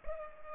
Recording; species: mosquito wingbeat signal from an infrared sensor; Culex pipiens